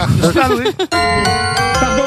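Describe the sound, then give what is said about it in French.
A quiz show gong signalling that time is up rings out with a steady, bright metallic tone that sustains for over a second, while voices talk over it before and during the ring. “Et moi, je l'ai répété après le gong.”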